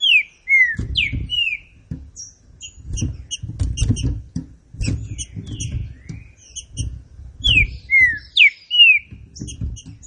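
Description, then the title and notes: Green-winged saltator song with loud, sweet whistles slurring downward at the start and again near the end, with high tick notes and low thumps between. Classic song style (canto clássico) of the trinca-ferro, presented as a song for training. "Canto Clássico Trinca Ferro TREINAMENTO. trinca fero"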